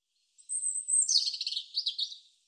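European robin delivering one extended high phrase, a thin drawn-out whistle running into a tumbling series of rapid warbled notes that fades out.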